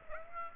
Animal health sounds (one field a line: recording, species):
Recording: mosquito wingbeat signal from an infrared sensor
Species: Aedes aegypti